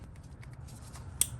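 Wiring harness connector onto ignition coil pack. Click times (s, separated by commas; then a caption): 1.2 s. A wiring harness electrical connector is pushed onto an ignition coil pack on the valve cover of a Toyota 2.4L 2RZ-FE engine, with faint small ticks and rustling before it. A single sharp, bright snap at 1.2 s marks the connector seating, and it is then pulled back a little to check for a positive connection.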